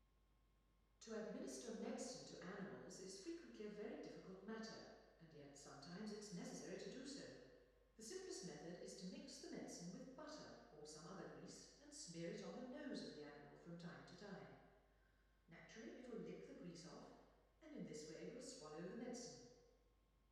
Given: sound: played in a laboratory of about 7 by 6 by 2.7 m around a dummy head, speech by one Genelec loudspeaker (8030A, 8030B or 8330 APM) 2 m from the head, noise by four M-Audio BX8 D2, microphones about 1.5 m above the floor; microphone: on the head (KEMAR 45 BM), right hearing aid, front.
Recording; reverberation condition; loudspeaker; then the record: female speech in English; high; 30 degrees to the left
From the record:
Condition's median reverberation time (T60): about 1300 ms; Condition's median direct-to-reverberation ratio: about -4.0 dB